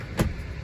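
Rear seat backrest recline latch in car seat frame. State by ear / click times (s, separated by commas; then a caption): seated / 0.2 s. The rear seat backrest of an MG HS 1.5 T-GDI 16.6 kWh Exclusive Auto Euro 6 (s/s) is moved to a recline position, and its recline latch in the seat frame engages with a single short clunk at 0.2 s over a low steady background rumble. The backrest is locked in place.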